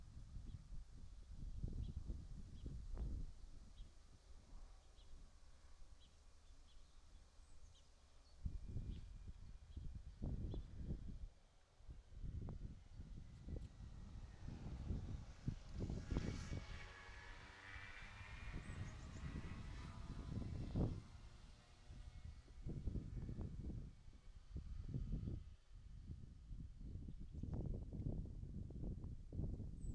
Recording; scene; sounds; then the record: everyday scene through a hearing-aid microphone; wind on the microphone; wind, vehicle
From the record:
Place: in front of a rural house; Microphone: in the ear canal, right